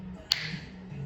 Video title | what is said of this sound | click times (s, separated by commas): Unboxing of new shop light bought on TikTok | You hear the snap? That means it's locked it on. | 0.3 s